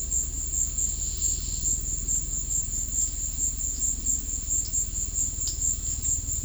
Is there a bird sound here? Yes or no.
no